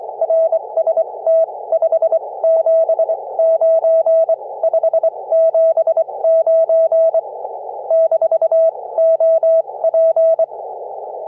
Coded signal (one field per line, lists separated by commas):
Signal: Morse code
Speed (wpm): 28 wpm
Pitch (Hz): 620 Hz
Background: none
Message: RST 579 579 - OP